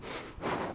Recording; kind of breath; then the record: one breath in and out by a microphone near the nose and mouth; strong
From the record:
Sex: male